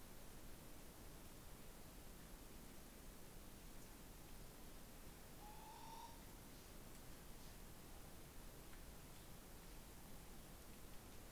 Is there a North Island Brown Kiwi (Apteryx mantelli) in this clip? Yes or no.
no